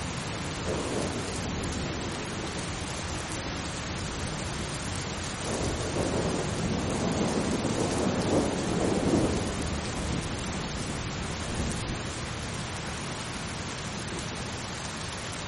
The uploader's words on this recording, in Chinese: 助眠雷雨声：平静的雨。